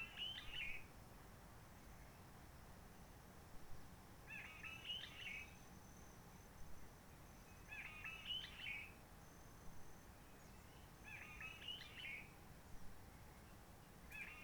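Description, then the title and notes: Réunion bulbul song: several short chattering warbled phrases at regular intervals, with a quiet hiss between them. Roche Merveilleuse, Réunion; forest quiet since lockdown of 19 March 2020, no visitors, microlights or helicopters; sunny blue sky; birds not very active; song simpler, short phrases adapted to past aircraft noise. "Roche Merveilleuse, Réunion - Merle de lîle de la Réunion. Merle de la Réunion. depuis le 19 mars 2020"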